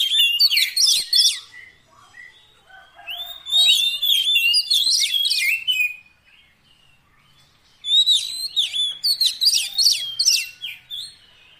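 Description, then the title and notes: Oriental magpie-robin singing rich whistled phrases with rapid chirps and trills in three bursts separated by pauses. Fill-in (isian) song of a kacer, used to make the bird sing persistently day and night. "Kacer Jadi Gacor Siang Malam. Isian Kacer Durasi Panjang"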